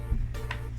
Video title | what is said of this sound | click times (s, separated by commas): How to Set Up Kawasaki High Pressure Washer HBP-302 - Charisma Mae | So click. So, i-insert natin. There's a click. | 0.5 s